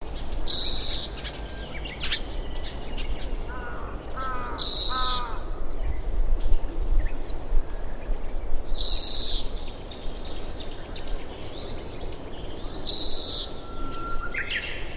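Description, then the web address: Grey-capped greenfinch calls, bright high notes repeated about every four seconds, with quick twittering phrases between them and a low background rumble. "izumino saunndo kawarahiwa"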